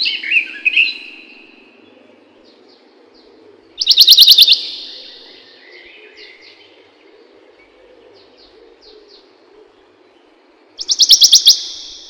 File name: пеночка белобрюхая